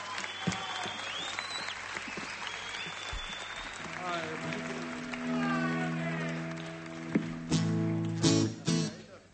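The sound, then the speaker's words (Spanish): A crowd at an acoustic concert in Córdoba, May 2014, applauds a troubadour steadily for several seconds, a dense wash of clapping with shouts and a few whistles rising over it, swelling louder toward the end. “Como el metal está presente, acá apareció en acústica, un aplauso para el trovador, acá,”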